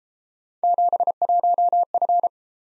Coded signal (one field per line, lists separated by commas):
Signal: Morse code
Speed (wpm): 33 wpm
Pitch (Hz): 700 Hz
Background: none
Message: 71F